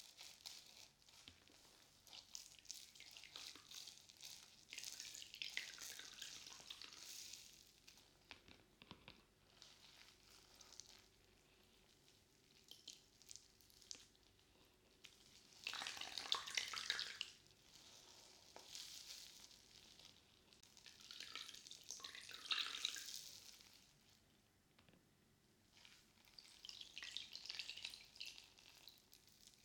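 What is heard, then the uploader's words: A soapy sponge scrubs and squishes with water, coming in bright, hissing bursts of a few seconds each, around 5, 16, 22 and 28 seconds. Between the bursts are quieter stretches of soft wet rubbing, light clicks and small drips. ASMR Binaural Sounds Water Soap Sponge.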